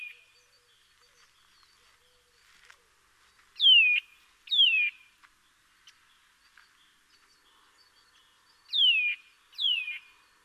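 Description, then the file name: Eurasian nuthatch calls, loud descending whistled notes given in pairs, two pairs about five seconds apart. "Sitta europaea"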